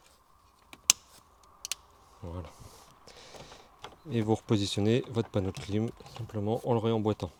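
A wiring harness connector is pushed into the head unit / CarPlay module of an Audi A6/S6/RS6 being refitted with CarPlay and Android Auto. A sharp plastic click at 0.9 s shows the connector latch snapping closed and the connector seated, with smaller clicks around it. Someone then talks.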